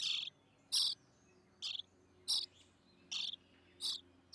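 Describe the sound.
European starling phrases, several short high buzzy bursts repeated at short intervals over faint background noise.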